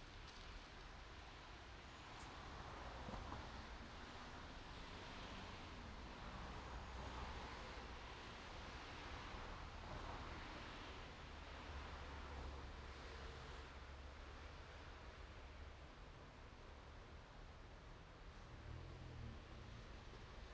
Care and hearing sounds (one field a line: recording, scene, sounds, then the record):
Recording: everyday scene through a hearing-aid microphone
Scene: in traffic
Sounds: traffic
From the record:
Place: main road on the outskirts, rush hour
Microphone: in the ear canal, right